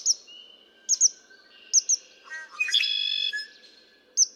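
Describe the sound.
Red-winged blackbird song, a few stuttered lower notes rising into a harsh, buzzy trill of about a second, among high double chirps from another bird.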